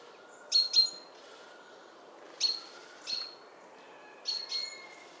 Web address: SETE Parus major